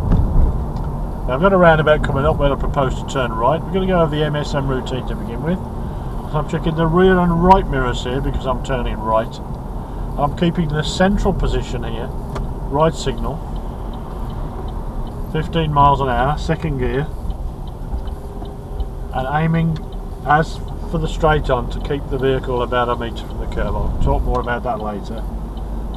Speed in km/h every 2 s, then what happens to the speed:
35, 35, 35, 34, 34, 31, 29, 24, 19, 15, 16, 18, 19.
0-8 steady at about 35. 8-18 slows to 15. 18-26 steady at about 16.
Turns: none.